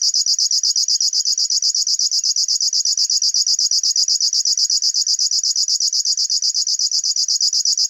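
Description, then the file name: River warbler song: a dry, insect-like rhythmic buzzing, very high-pitched, pulsing steadily and rapidly without pause throughout. "Schlagschwirl - Locustella fluviatilis"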